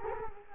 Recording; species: mosquito wingbeat signal from an infrared sensor; Culex quinquefasciatus